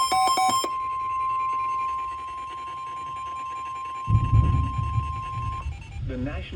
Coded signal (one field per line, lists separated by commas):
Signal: Emergency Alert System (SAME) tones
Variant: 1050 Hz attention tone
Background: speech, music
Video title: EAS Alerts from 8/9-8/11 (EAS #202-217)